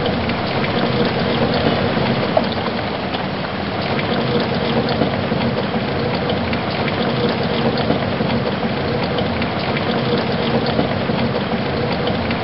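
Light rain falls in a steady, dense patter with no pauses, a constant watery hiss spread evenly from low to fairly bright tones. Tiny droplet ticks crowd together throughout, and the level holds even, dipping only slightly around the fourth second.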